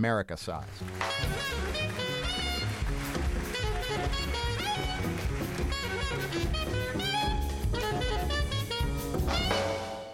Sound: soundbite of applause

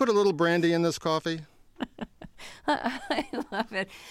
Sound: laughter

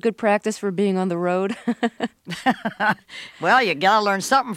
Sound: soundbite of laughter

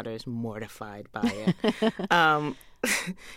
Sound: laughter

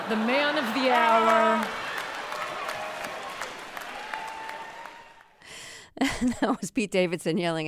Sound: laughter, applause

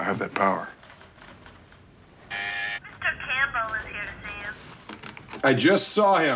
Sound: over intercom

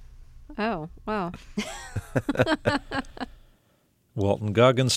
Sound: soundbite of laughter

